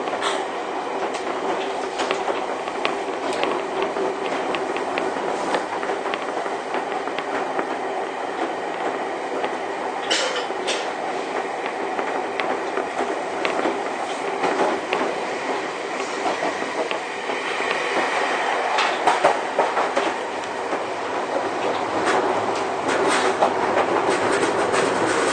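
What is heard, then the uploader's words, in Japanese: A Keio 1000 series train runs between Shibuya and Kichijoji, with a steady rumble and rolling noise throughout. Sharp clicks and short rattles from the wheels come irregularly, most clearly around ten seconds and again after eighteen seconds, while the level stays fairly even. 京王1000系 渋谷〜吉祥寺。急行運用を録音しました。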